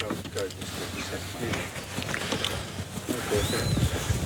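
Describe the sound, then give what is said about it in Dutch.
A northern lapwing calls once in farmland in the countryside outside Amstelveen, above Kerkenpolder, a thin, high, rising-and-falling whistle near the end, heard over steady wind-like rushing noise and a faint low murmur of voices. “Hoor je de vogel? Dat is een kieviet volgens mij, hè?”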